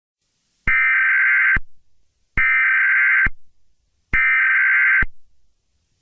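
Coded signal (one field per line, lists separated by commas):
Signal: Emergency Alert System (SAME) tones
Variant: header bursts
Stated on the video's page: Fictional joke EAS alert, simulated.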